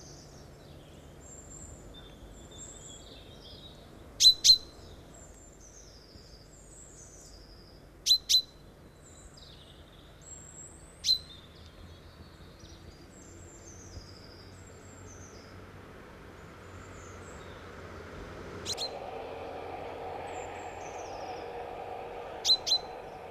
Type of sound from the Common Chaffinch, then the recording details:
song. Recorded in the wild. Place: Martigny, Kanton Wallis, CH. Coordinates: 46.1239, 7.08528. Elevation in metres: 462. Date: 1986-03-20. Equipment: Uher 4000 Report, Parabolreflektor 30 cm. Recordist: Tretzel, Erwin